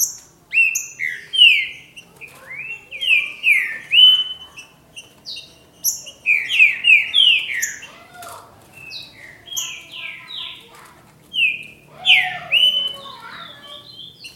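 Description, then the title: Green-winged saltator song of loud whistled notes in rapid groups separated by short pauses. "Trinca Ferro"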